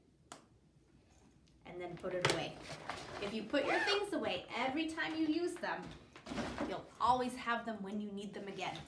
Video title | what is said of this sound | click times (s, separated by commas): Skills (9/9) | make sure that cap goes back listen for the click | 0.3 s